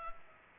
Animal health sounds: mosquito wingbeat signal from an infrared sensor; Culex pipiens

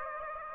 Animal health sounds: mosquito wingbeat signal from an infrared sensor; Aedes aegypti

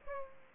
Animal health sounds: mosquito wingbeat signal from an infrared sensor; Aedes aegypti

